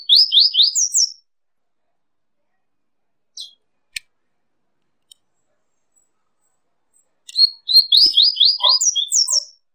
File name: Canto de Coleirinho